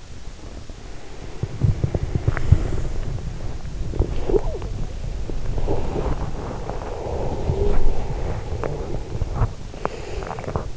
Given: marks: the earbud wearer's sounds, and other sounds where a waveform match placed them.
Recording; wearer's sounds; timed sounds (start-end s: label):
sounds in sleep by an in-ear microphone; breath, body movement
0.16-3.72 s: breath
0.97-10.77 s: body movement
5.03-9.25 s: breath
9.77-10.38 s: breath